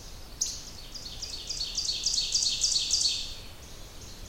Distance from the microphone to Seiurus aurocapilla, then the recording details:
about 35 m. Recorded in boreal forest in Alberta, Canada, on 30 June 2016 at 05:12. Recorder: SongMeter 3, array SBT-6-79. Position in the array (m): 9 m, 95 m. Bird 40